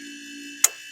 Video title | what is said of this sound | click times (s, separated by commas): Dixie Narco 168M Pepsi machine run through | the snap click that means it's locked | 0.6 s